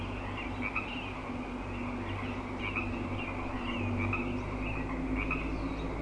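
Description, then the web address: Frogs in chorus, quick repeated chirping croaks over a steady background, with low rumbling noise underneath. Frog chorus at Grafton Lake, recorded 3 May 2009. "The Frog Chorus Tunes Up On Grafton Lake"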